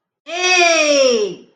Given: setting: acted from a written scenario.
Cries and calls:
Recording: vocal sound without words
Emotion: triumph

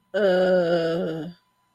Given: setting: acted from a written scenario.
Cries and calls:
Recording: vocal sound without words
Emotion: embarrassment

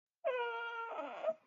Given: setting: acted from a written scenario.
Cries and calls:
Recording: vocal sound without words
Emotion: sadness

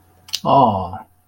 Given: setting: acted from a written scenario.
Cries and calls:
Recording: vocal sound without words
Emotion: adoration

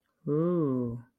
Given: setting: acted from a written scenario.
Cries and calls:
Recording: vocal sound without words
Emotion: awe

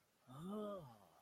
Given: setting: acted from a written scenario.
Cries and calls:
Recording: vocal sound without words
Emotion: awe

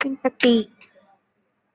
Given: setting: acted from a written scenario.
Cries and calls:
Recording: vocal sound without words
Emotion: sympathy

